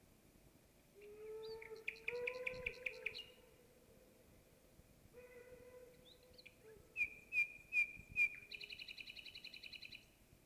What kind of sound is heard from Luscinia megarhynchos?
song